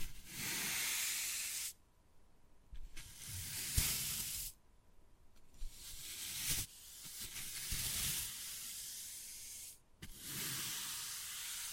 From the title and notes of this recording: ASMR Addictive Wood Carving, Tapping and Scratching Sounds (No Talking).